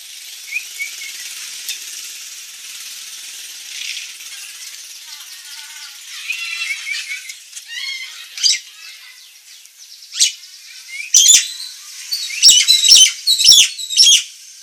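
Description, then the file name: Nias hill myna: quiet scratchy sounds at first, building to a burst of loud, harsh squawks near the end. Indonesian name Jalak Nias; described as gacor (singing constantly) with a noisy voice. "Kicau Jalak Nias Gacor Suara Berisik"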